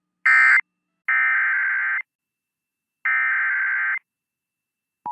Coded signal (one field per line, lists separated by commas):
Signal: Emergency Alert System (SAME) tones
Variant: header bursts